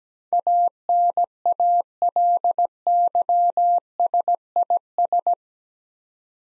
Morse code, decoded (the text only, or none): ANALYSIS